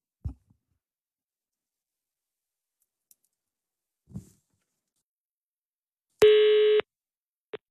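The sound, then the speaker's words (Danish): Telephone dialing and a ringing tone while calling the Danish security and intelligence service (PET): a few soft, scattered clicks in near silence, then one loud, buzzy ring tone lasting about half a second before a final click. “vi prøvede at ringe til PET for at se, hvad de sagde.”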